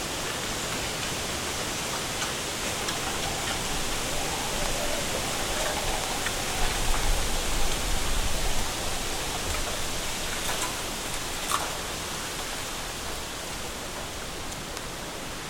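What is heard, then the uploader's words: Strong wind rushes steadily through a bamboo forest, a dense, hissing roar that fills the whole range from low rumble to bright rustle. Around seven to nine seconds a gust swells louder, and brief crisp rattles of stalks and leaves flick out near eleven seconds. Stronger Winds in a Bamboo Forest.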